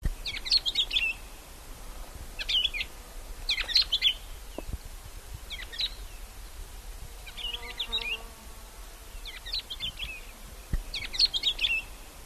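Bird giving bursts of high, sharp chirps in clustered groups every second or two, with quieter pauses between and a soft steady background hiss.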